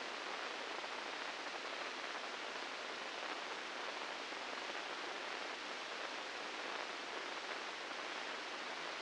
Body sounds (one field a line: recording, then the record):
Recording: brain microelectrode recording played as sound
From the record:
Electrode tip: inside the subthalamic nucleus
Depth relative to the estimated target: -3 mm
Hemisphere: right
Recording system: NeuroSet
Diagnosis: Parkinson's disease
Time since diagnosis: 9 years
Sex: female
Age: 51 years